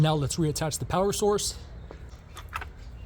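Someone talks while the electrical power connector is being handled to go back onto the ignition coil on the engine of a 2013–2017 Honda Accord, with a couple of brief, faint handling sounds near 2.6 seconds. The connector has not yet seated or clicked onto the coil when the clip ends.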